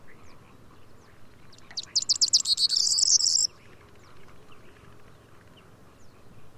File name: Mathias Ritschard - Prosyanka Emberiza calandra